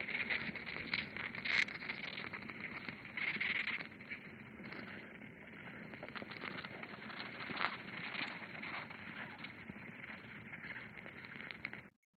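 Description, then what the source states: Ants give a dense, continuous crackling and fine ticking, with brief louder bursts of clicks scattered throughout and a steady hiss underneath. Ants recorded at a nest found while digging in an allotment (community garden); the sound was described as surprising.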